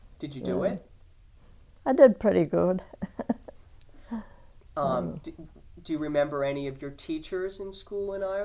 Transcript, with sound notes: Did you do it?
I did pretty good. (she laughs)
Do you remember any of your teachers in school in Ireland?